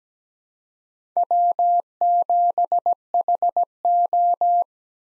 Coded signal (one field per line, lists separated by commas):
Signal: Morse code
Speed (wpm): 17 wpm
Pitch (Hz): 700 Hz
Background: none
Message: W7HO